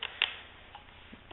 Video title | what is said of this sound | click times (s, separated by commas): VFC MK17 SCAR H review part 2 | then press your front and it'll also click into place | 0.2 s